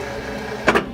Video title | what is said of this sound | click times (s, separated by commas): [와이피엘 컴퓨터재단기] EBA-5255,전동재단기,디지털재단기,컴퓨터재단기,와이피엘재단기,책재단기,에바재단기 | if you bring it down one click | 0.7 s